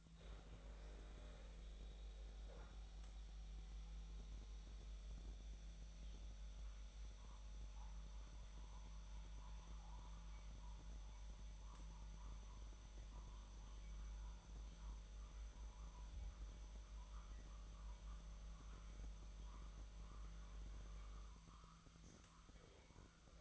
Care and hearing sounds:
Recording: daily activity, microphone in the room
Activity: make coffee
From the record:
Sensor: 3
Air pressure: 1009.3 hPa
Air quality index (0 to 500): 198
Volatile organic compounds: 17 ppm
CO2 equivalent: 2564 ppm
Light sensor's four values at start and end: 34/84/36/38 and 33/84/36/38

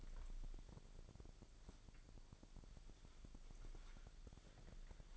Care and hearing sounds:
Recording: daily activity, microphone in the room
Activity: wipe stove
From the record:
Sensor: 5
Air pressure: 1001.8 hPa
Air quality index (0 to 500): 178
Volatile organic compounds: 11 ppm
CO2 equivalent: 2283 ppm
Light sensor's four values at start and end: 24/80/30/31 and 24/80/30/31

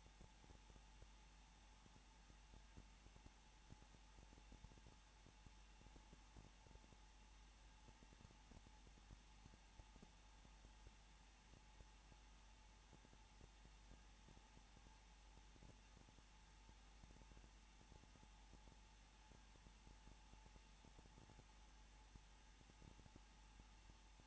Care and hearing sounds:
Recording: daily activity, microphone in the room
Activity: no activity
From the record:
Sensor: 1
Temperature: 20.2 degrees Celsius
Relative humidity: 35.7%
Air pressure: 994.6 hPa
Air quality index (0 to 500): 182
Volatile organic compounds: 7 ppm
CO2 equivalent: 2003 ppm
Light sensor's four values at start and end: 1/2/1/1 and 1/2/1/1

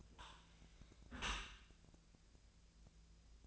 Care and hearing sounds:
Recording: daily activity, microphone in the room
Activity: close dishwasher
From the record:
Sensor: 2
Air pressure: 1000.3 hPa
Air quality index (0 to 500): 165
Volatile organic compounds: 3 ppm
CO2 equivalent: 1368 ppm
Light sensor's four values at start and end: 12/34/13/15 and 12/34/13/15

